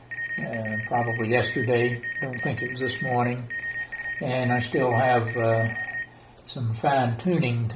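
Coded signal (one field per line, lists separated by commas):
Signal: Morse code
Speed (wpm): 42 wpm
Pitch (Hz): 1850 Hz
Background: speech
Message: PERFORMANCE OF RIGS.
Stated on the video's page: Morse from a PIC32 keyer project being migrated to the PICadillo 35T, an early demo.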